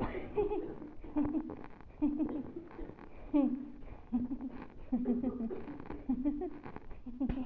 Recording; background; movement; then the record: laughter; a bystander coughing; sitting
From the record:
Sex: female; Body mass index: 22.6 kg/m2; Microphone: on the chest, facing the body